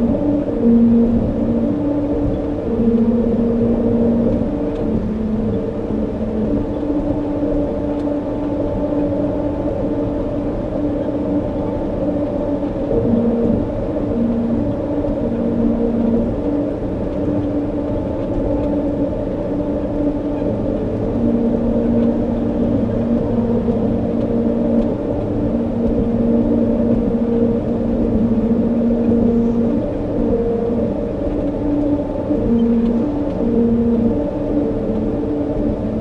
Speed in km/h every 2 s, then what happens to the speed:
79, 79, 79, 79, 79, 79, 79, 79, 79, 79, 79, 79, 79, 79, 79, 79, 79, 79.
0-36 steady at about 79.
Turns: none.